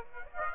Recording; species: mosquito wingbeat signal from an infrared sensor; Aedes aegypti